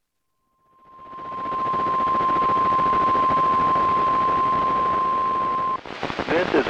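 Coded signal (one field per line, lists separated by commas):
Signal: Emergency Alert System (SAME) tones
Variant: 1050 Hz attention tone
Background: speech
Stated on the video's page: Annual statewide tornado drill tones from weather radio stations on 162.550 and 162.475 MHz, 1000 watts each.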